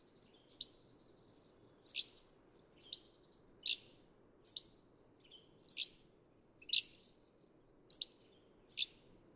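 Hammond's flycatcher singing high, sharp notes, some burry, repeated roughly every second.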